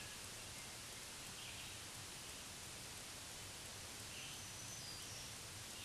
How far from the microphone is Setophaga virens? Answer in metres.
about 55 m